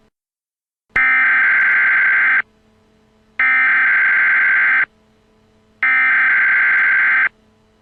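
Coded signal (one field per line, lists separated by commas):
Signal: Emergency Alert System (SAME) tones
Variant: header bursts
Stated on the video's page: Fictional EAS alerts: civil danger warnings for Scranton, PA and national, emergency action notification, emergency action termination and an administrative message.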